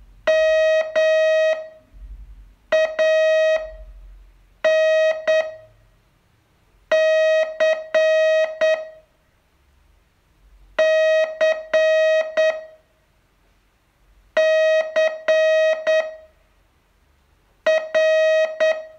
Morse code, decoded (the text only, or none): M A N C C C R